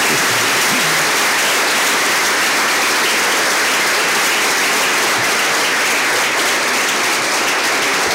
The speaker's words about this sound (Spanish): Bueno, fuerte aplauso a la doctora Brandolino.